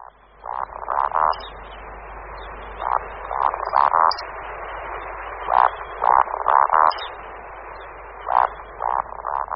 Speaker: Slyšeli jsme tok slučích samečků, který se skládá z hlubokého kvorkání a vysokého pískání.